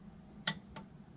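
A click-type torque wrench tightens the drain plug on a Subaru Crosstrek oil pan and breaks over with one sharp click at 0.5 s, confirming the 31 foot-pound setting. A much fainter tick follows at 0.8 s over a low steady hum.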